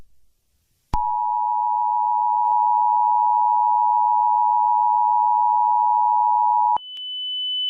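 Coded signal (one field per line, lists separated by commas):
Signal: Emergency Alert System (SAME) tones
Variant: 853 and 960 Hz attention tone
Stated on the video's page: Fictional EAS scenario based on the game Five Nights at Freddy's, not a real alert.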